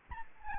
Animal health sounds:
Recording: mosquito wingbeat signal from an infrared sensor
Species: Aedes albopictus

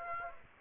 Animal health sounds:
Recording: mosquito wingbeat signal from an infrared sensor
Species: Aedes aegypti

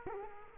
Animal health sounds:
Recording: mosquito wingbeat signal from an infrared sensor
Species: Culex quinquefasciatus

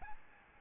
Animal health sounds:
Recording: mosquito wingbeat signal from an infrared sensor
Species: Aedes albopictus

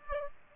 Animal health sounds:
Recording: mosquito wingbeat signal from an infrared sensor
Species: Aedes aegypti

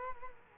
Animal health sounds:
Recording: mosquito wingbeat signal from an infrared sensor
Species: Culex quinquefasciatus

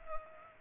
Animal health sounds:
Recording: mosquito wingbeat signal from an infrared sensor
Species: Culex pipiens

